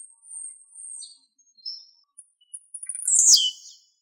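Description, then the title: Bird song opening with thin high whistled notes, then quick chirps building into a loud descending sweep near the end. "LuckyPassaros CompletosSama"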